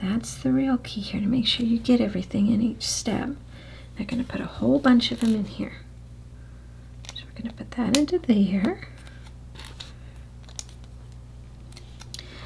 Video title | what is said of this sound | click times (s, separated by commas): Relaxing Chitchat and Full Build LEGO Disney Snow White and the Seven Dwarfs' Cottage Part Two | I like how they're doing this where oops that one didn't snap it | none